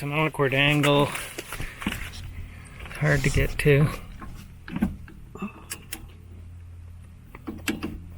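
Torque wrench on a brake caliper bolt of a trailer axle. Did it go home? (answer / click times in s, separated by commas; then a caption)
yes / 7.7 s. A torque wrench tightens a bolt on a trailer axle's disc brake caliper and rotor assembly at an awkward angle while someone talks, with scattered metallic ticks along the way. The wrench clicks sharply at its set torque at 7.7 s, confirming the bolt is torqued.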